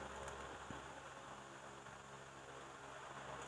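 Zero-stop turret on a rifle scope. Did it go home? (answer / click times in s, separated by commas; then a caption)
no / none. A zero-stop turret on a Keck Optics 4-16x50 FFP IR rifle scope is being set with an Allen key, and the metal turret is about to be locked. Only steady broadband background noise is heard, with no distinct hits and no talk. Nothing has seated or clicked yet.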